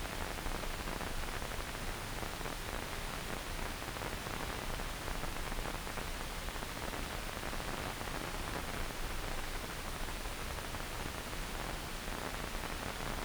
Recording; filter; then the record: brain microelectrode recording played as sound; wide band, above 20 Hz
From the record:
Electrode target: subthalamic nucleus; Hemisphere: left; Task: reaching with the right hand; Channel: 1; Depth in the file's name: 0.251 mm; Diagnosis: Parkinson's disease